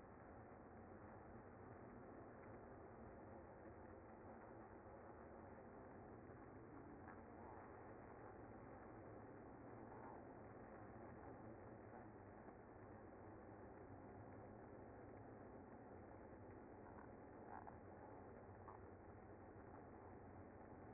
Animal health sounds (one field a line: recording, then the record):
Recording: honeybee colony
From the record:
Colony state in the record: active